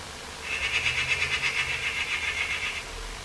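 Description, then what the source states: Eurasian magpie giving a harsh, rapid rattling chatter lasting about two seconds, with faint low rumble underneath. Recorded at a nest box on 22 May 2005 at 14:33.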